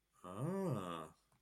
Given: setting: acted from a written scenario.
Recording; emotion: vocal sound without words; interest